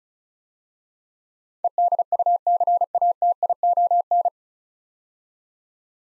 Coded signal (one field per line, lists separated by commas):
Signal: Morse code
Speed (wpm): 34 wpm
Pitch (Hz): 700 Hz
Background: none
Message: EDUCATION